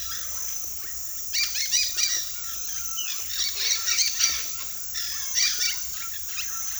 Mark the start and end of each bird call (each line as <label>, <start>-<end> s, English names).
Dusky-headed Parakeet, 0.00-6.54 s
White-throated Toucan, 0.00-6.80 s